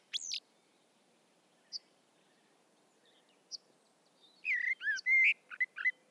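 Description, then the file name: Common blackbird: a few scattered high notes, then one warbled fluty phrase with squeaky ending near the close. "Turdus merula"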